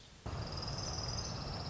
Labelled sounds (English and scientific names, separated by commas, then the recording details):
Orange-crowned Warbler (Leiothlypis celata)
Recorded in Sonoma County, California